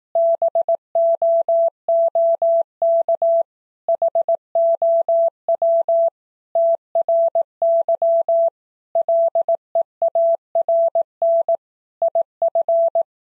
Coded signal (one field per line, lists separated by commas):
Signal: Morse code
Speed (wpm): 18 wpm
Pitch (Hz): 670 Hz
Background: none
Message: BOOK HOW TRY LEARN IF